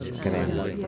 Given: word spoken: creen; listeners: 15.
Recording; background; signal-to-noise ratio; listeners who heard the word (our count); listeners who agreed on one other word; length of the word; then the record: one Spanish word in noise, from a listening test; eight-talker babble; -2.0 dB; 0 of 15; 6 of 15; 0.47 s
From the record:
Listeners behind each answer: 6, 1, 1, 1, 1, 1, 1, 1, 1, 1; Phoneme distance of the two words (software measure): 10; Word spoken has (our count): 2 syllables, 5 phonemes, stress on syllable 1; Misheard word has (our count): 2 syllables, 5 phonemes, stress on syllable 2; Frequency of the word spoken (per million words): 35.53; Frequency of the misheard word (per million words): 51.31